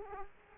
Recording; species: mosquito wingbeat signal from an infrared sensor; Culex quinquefasciatus